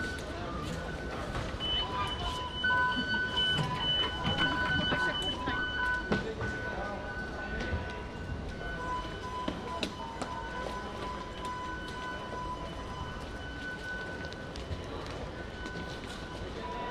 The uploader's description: Recording of waiting for the metro and the subsequent trip from Rotterdam Coolhaven to Schiedam Centrum.